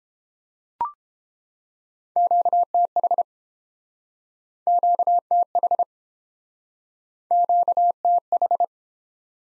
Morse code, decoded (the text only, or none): QTH QTH QTH